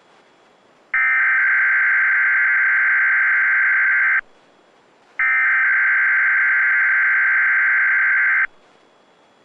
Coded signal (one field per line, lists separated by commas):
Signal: Emergency Alert System (SAME) tones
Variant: header bursts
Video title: Weatheradio Canada (XLM538 Winnipeg) - Required Weekly Test (EAS #96)